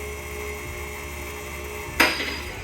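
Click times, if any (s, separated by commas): 2.0 s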